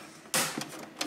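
A plastic disk drive bay cover is lined up and pushed into the front panel of an Acer Aspire XC-840 PC. A loud, bright snap at 0.3 s marks the cover seating, followed by two fainter ticks at about 0.6 s and 1.0 s. The cover is seated.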